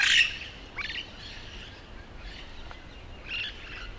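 Yellow-shouldered parrot calls: a loud rasping squawk opening, then shorter screechy notes and a chattering burst near the end, with steady background noise.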